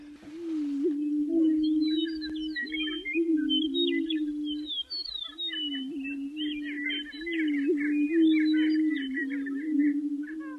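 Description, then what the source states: Greater prairie-chickens booming, a continuous low hollow hum with a brief break midway, with high cackles and squawks scattered above. About two dozen males booming to attract hens on a prairie in the dark chill before dawn in spring; cackles and squawks warn other males away.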